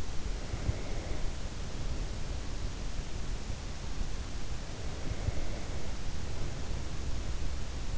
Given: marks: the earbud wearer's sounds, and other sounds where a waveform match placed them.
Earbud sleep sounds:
sounds in sleep by an in-ear microphone; breath
0.19-2.72 s: breath
3.89-7.98 s: breath

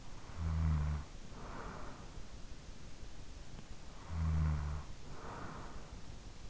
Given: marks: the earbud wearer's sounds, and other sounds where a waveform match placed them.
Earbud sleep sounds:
sounds in sleep by an in-ear microphone; snoring breath
0.01-2.52 s: snoring breath
3.53-6.50 s: snoring breath

